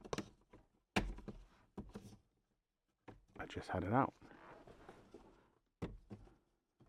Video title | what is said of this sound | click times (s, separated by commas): In depth review 19-24 Dodge Ram 13” radio replacement | It snapped back in place. | 1.0 s